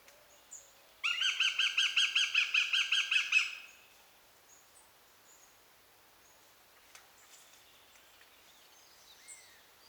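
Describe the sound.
Eurasian goshawk giving a harsh chattering call of many rapid nasal notes over about two and a half seconds, then quiet.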